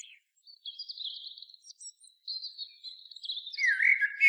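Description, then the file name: Common blackbird giving a soft high twittering phrase ending, then a new mellow fluted phrase beginning at the very end. "Turdus merula"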